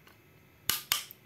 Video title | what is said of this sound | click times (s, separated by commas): Kunci Torsi lippro | lagi H sudah bunyi klik Ya sudah | 0.7 s, 0.9 s